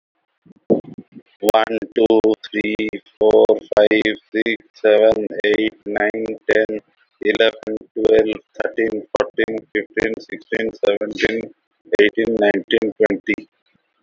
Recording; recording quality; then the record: counting at a normal pace; excellent, no background noise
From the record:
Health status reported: exposed to COVID-19, no respiratory illness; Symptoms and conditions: hypertension, diabetes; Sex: male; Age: 46 years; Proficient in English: yes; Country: India